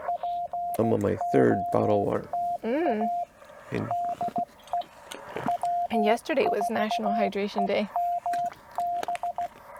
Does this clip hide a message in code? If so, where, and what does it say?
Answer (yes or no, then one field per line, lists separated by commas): yes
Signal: Morse code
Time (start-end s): 0.1-9.5 s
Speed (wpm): 16 wpm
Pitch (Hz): 700 Hz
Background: speech, radio noise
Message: POTA DE W4EMB